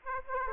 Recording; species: mosquito wingbeat signal from an infrared sensor; Aedes aegypti